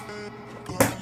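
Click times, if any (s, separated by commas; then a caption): 0.8 s. A DDR4 memory stick is lined up in the first DIMM slot of a motherboard and pressed down until the slot clips click. A sharp click is heard at 0.8 s over a low background hum, and the RAM is seated and installed.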